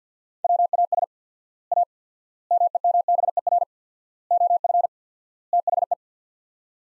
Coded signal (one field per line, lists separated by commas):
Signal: Morse code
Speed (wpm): 50 wpm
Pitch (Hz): 700 Hz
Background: none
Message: WAS A MEMBER OF THE